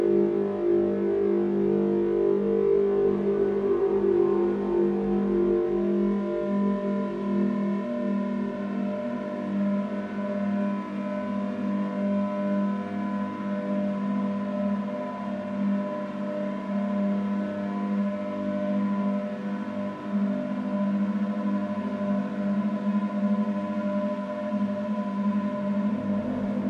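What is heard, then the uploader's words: A sustained synthesized drone with stacked ringing tones, slowly wavering and shimmering, brighter low tones fading after the first few seconds into steady hum. Harmonic drone modulated by a resonant low-pass filter and ring modulators, then PaulStretched to half-speed.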